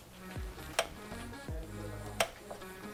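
On a 2005 Honda Civic, the oil drain plug in the oil pan is tightened with a 17 mm socket on a torque wrench over a steady tonal background. A sharp tick sounds at 0.8 s, then the wrench gives its click at 2.2 s, confirming the plug has reached the set torque.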